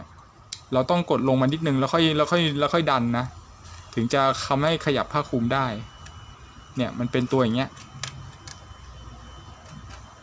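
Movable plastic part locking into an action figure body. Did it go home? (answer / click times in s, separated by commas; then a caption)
yes / 8.0 s. A movable plastic part on a Keeppley Ultraman action figure is pressed lightly and then slowly pushed until it locks into position. Someone talks through much of the clip, and a sharp click at 8.0 s marks the part seating, followed by a softer click shortly after. The part ends up locked in place.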